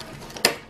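A hand-cranked apple peeler-corer-slicer is turned until its threaded crank shaft reaches the end of travel and releases from the feed gear. A faint tick at 0.4 s is followed by a sharp, bright click at 0.5 s as the feed mechanism disengages, and the shaft is freed.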